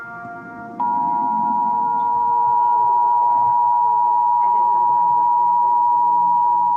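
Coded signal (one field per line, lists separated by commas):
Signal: Emergency Alert System (SAME) tones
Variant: 853 and 960 Hz attention tone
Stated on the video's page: Mock EAS alert, a fictional scenario remastered.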